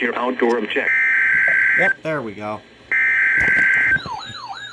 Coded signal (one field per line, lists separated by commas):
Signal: Emergency Alert System (SAME) tones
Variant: header bursts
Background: speech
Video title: EAS 790 - Severe Thunderstorm Watch 31